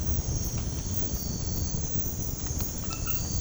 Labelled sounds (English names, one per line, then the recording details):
none
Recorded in pastures near Puerto Asís, Putumayo, Colombia, on 19 March 2025 at 01:00
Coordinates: 0.505, -76.324
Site GP08